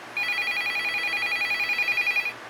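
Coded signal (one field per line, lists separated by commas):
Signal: none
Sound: a telephone ringing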